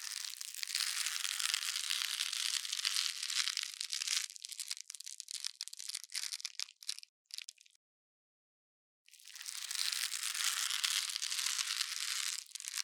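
A syringe draws in water with a dense, bright hissing rush for about four seconds, then breaks into irregular crackling pops and sputters. After a short silence near eight seconds, the steady bright hiss returns and runs nearly to the end.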